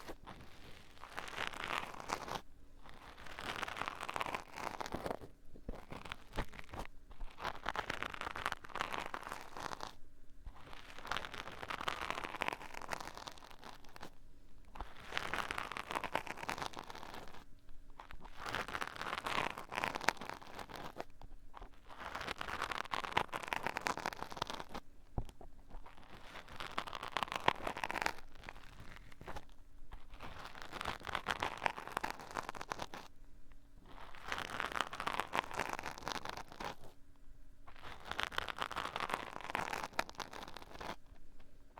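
Brushing and rubbing strokes against the microphone repeat in a steady rhythm about every three seconds, each a dense scratchy swish separated by brief near-silences. A faint low hum sits underneath throughout.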